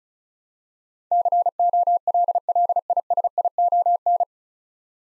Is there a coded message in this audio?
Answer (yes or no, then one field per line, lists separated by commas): yes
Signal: Morse code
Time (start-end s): 1.1-4.2 s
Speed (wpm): 36 wpm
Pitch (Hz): 700 Hz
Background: none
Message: COLLISION